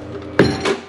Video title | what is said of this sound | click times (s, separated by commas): ROAD vs. OFF ROAD: Small Bike Tyre Swap | popped into place okay so that's that | 0.4 s